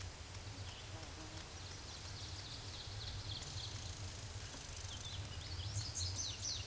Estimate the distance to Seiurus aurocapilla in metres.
about 95 m